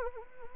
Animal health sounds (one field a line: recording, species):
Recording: mosquito wingbeat signal from an infrared sensor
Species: Anopheles arabiensis